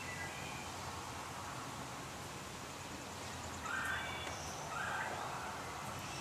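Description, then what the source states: Blue jay calls: two brief, nasal, harmonically rich notes spaced about a second apart, over constant low rumbling noise. Fledglings.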